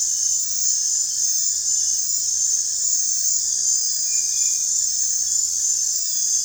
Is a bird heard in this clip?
no